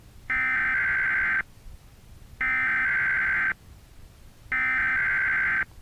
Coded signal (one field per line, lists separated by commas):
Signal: Emergency Alert System (SAME) tones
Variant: header bursts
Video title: EAS Alert Chevron Refinery El Segundo